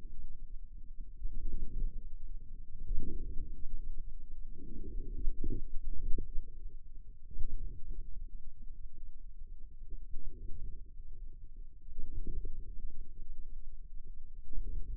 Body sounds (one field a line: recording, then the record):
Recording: forearm muscle sounds (acoustic myography)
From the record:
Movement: inward rotation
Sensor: system 2, bracelet of six BSWA MPA416 microphones around the upper forearm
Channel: 5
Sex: male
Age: 22 years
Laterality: right